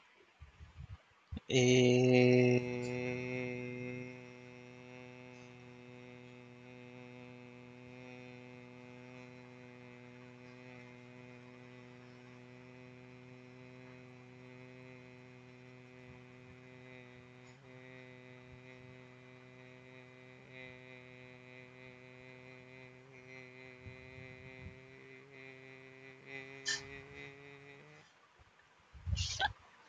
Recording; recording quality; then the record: sustained vowel as in made; excellent, no background noise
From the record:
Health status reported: healthy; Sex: male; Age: 26 years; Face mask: not worn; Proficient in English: yes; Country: India